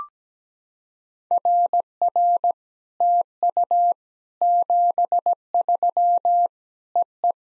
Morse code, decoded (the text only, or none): RR TU 73 EE